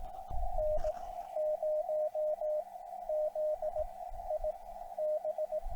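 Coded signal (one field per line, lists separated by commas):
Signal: Morse code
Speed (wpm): 18 wpm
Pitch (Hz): 610 Hz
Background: radio noise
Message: N0ZIB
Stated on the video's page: Morse from a SOTA summit during a summit-to-summit event, long-distance 2m CW contacts over 250+ miles, with poor 2m propagation.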